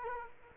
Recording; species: mosquito wingbeat signal from an infrared sensor; Culex quinquefasciatus